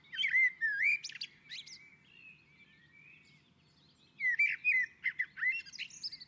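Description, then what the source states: Common blackbird song, a low fluted warble with squeaky high flourishes, a quieter muttering stretch in the middle, then a loud new phrase. On a roof.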